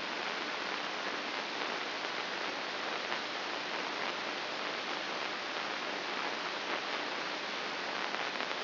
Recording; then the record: brain microelectrode recording played as sound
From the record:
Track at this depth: inside the subthalamic nucleus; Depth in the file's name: 7.543 mm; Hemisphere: left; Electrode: 2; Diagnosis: Parkinson's disease